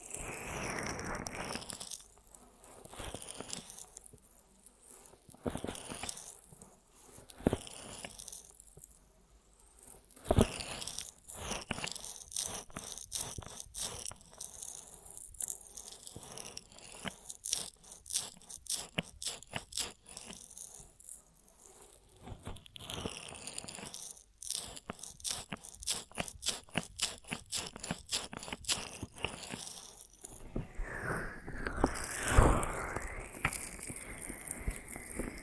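Ear massage triggers: dense, crinkly crunching and scratching sounds that come in quick bursts, with runs of rapid rhythmic rubbing from about 12 to 24 seconds. Softer pauses break up the texture, and a brighter swishing sweep rises near 30 seconds.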